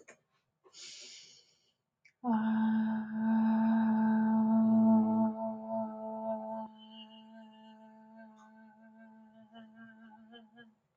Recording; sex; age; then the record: vowel held as long as possible; female; 30 to 39 years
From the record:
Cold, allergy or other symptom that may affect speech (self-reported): no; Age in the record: 33 years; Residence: United States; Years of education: 19